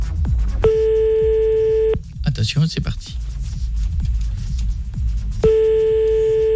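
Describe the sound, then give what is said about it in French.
A steady mid-pitched ringback tone of an outgoing phone call to a woman who placed an advertisement sounds twice, each burst lasting over a second with a long silent gap between them. A voice speaks briefly during the pause, over a low background rumble. “Appelez-moi cette dame.”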